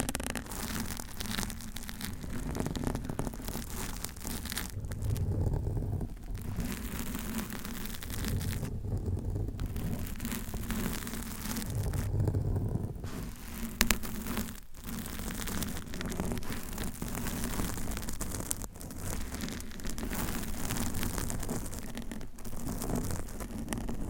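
Long nails scratch steadily against a microphone, a dense, continuous scraping that fills the whole 24 seconds at close range. The rasping sound is mostly low and rough, with brief quieter dips around 5, 9, 12 and 15 seconds before the scratching resumes.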